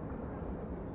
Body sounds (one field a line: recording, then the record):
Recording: background sound without coughing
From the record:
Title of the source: Train Ride Ambience ambient white noise for sleeping, focus, studying, reading